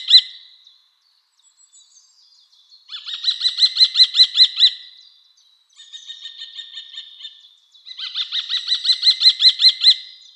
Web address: Schulze Peter Eurasian Kestrel